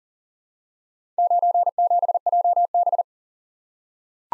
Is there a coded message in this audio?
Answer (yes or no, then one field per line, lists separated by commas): yes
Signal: Morse code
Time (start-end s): 1.2-3.0 s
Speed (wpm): 38 wpm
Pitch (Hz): 700 Hz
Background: none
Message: 97JB